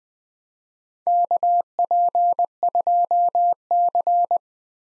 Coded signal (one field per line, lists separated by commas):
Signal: Morse code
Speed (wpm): 20 wpm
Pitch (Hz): 700 Hz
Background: none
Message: KP2C